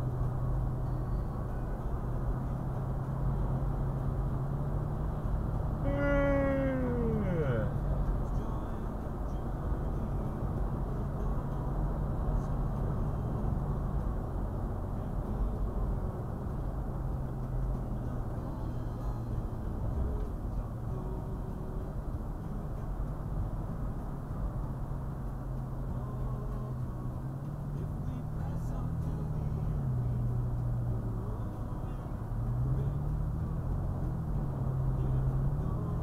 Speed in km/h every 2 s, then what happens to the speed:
71, 72, 74, 76, 77, 77, 77, 77, 69, 63, 61, 60, 53, 53, 58, 60, 63, 64.
0-14 steady at about 76. 14-24 slows to 53. 24-36 speeds up to 64.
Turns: none.